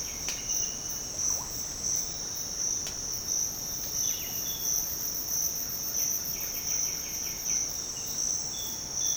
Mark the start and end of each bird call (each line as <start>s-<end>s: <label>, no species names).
0.00s-0.54s: bird call
1.25s-1.49s: bird call
3.96s-4.78s: bird call
5.91s-7.71s: bird call